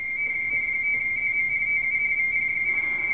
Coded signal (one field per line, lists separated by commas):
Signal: RTTY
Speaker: VP8SGI from South Georgia Island on 15 meter itty.